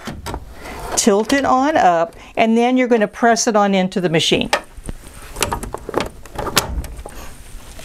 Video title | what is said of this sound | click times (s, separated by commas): Embroidered Hats! - Sewing Tech Talk #STT | and it clicks into place so that was really really simple now | 6.6 s